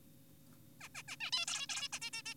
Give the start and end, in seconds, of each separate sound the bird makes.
0.81-0.88, 0.95-1.03, 1.08-1.16, 1.21-1.31, 1.33-1.46, 1.48-1.67, 1.70-1.88, 1.93-1.99, 2.02-2.10, 2.13-2.22, 2.26-2.34